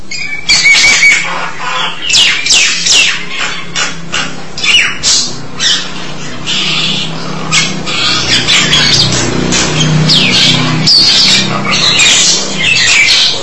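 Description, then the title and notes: Starling giving sharp harsh calls and whistles, then a denser chatter, over a low droning hum. "suara burung jalak"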